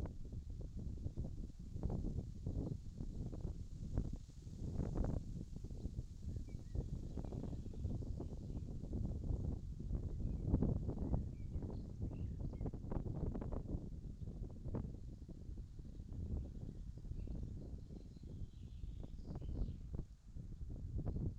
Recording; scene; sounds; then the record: everyday scene through a hearing-aid microphone; wind on the microphone; wind, birds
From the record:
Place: in front of a rural house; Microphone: in the ear canal, left